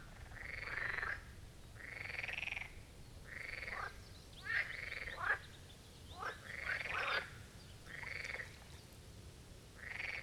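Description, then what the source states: Marsh frogs croaking in a chorus, rattling bursts about half a second to a second long, several overlapping callers with short sharp croaks between them. Chorus of marsh frogs at the Birkensee, Schönbuch, Germany; recorded on one of the first hot summer days of 2023.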